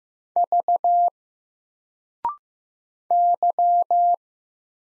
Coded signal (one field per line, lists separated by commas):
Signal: Morse code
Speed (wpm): 15 wpm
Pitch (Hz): 700 Hz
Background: none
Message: V Y